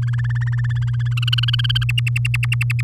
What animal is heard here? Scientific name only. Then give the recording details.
Serinus canaria. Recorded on 6 May 2018 at 05:59. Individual llb16